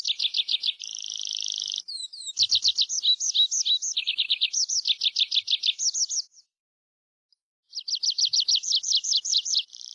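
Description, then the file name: Tree pipit song of varied high phrases, quick runs of repeated notes and one buzzy section, broken by a silent gap before another rapid trill. "PRISPOLONE"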